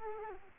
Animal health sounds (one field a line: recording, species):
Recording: mosquito wingbeat signal from an infrared sensor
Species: Culex quinquefasciatus